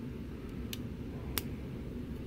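A small plastic clip is plugged into the model kit body the same way as the shields, and it seats with a crisp snap at 1.4 s. A fainter tick comes first at 0.7 s, over a low steady background hum.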